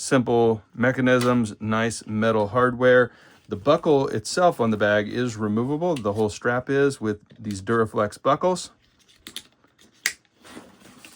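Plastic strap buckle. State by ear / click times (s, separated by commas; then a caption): seated / 10.1 s. Someone talks for about eight seconds, then the plastic male end of a Duraflex side-release buckle on a bag's shoulder strap is pushed into its female receiver. It snaps shut with a sharp click at 10.1 s, after a few softer clicks just before, and the buckle is seated closed.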